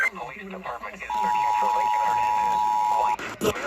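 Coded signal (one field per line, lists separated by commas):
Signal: Emergency Alert System (SAME) tones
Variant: 853 and 960 Hz attention tone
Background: speech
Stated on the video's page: Child abduction emergency received on a NOAA weather radio transmitter and an FM station.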